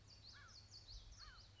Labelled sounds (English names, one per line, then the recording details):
Common Yellowthroat
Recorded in Sonoma County, California